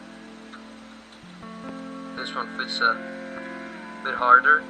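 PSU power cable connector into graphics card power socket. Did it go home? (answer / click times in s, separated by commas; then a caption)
no / none. A PCIe power connector on a PSU cable is lined up and worked into the power socket of an RX 5600 XT graphics card, fitting a bit harder than the last one. Someone talks over steady background music, with a few faint handling sounds. Nothing has clicked or seated yet.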